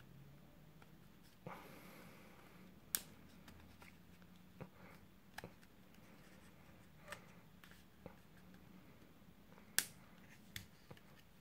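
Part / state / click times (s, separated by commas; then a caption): plastic retaining clips of the upper screen housing on a handheld game console / released / 3.0 s, 9.8 s, 10.6 s. Plastic retaining clips on the upper screen housing of a New 2DS XL handheld game console are pried apart around the shell's edge. Quiet scraping and fiddling lead to sharp snaps at 3.0, 9.8 and 10.6 seconds as the clips pop free. The housing clips are released.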